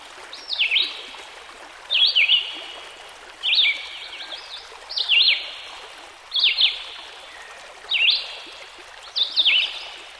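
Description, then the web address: Red-eyed Vireo song of repeated short whistled phrases, slurred up and down, coming about every 1.5 seconds, with steady stream water behind. By a stream. "Dan Gibson Songbirds By The Stream. Red - Eyed Vireo"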